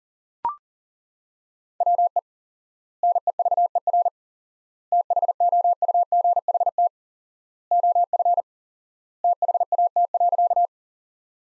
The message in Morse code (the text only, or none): WE NEVER THOUGHT OF THAT.